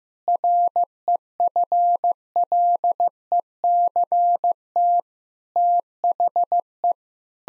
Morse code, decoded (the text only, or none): REFLECT THE